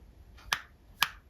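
A second pentalobe screwdriver slips in the bottom screw of an iPhone, its tip giving two sharp snapping clicks at 0.5 and 1.0 seconds. The driver is stripped.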